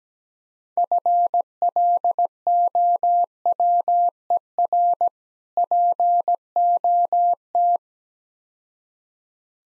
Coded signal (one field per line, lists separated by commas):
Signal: Morse code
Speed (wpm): 17 wpm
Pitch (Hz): 700 Hz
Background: none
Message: FLOWER POT